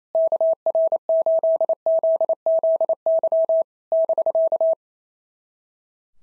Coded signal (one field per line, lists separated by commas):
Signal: Morse code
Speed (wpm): 25 wpm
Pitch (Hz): 650 Hz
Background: none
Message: KR8ZZY <BK>